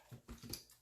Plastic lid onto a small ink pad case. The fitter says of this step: you can hear it kind of click it's